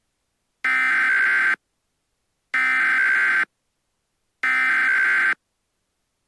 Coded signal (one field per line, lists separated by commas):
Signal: Emergency Alert System (SAME) tones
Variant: header bursts